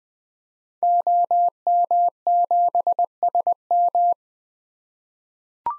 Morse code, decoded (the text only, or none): OM7SM